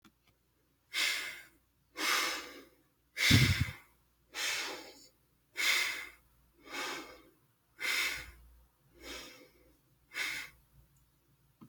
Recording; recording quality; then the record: deep breathing; excellent, no background noise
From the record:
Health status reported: healthy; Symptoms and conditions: sore throat, asthma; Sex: male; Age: 27 years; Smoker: not ticked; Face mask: not worn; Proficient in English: yes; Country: Canada